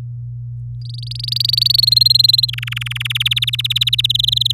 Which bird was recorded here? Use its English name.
Domestic Canary